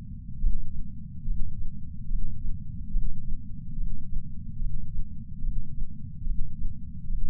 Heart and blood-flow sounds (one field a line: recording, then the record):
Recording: heart sounds by patch sensor on the chest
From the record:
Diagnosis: coronary artery disease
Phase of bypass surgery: intraoperative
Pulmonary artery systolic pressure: 24 mmHg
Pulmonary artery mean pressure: 17 mmHg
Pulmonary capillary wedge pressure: 7 mmHg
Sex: male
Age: 66 years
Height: 176 cm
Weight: 74.5 kg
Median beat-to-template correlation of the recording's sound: 0.83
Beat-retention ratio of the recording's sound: 1.00